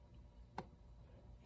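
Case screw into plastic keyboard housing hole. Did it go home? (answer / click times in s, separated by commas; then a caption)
yes / 0.6 s. While reassembling an Amiga keyboard case, a screw is turned counterclockwise in its hole in the plastic keyboard housing until its thread drops into the existing thread with a single sharp, brief click at 0.6 s, over faint low background noise. The thread is now lined up and seated but not tightened home; the screw is then to be turned clockwise so the hole does not strip.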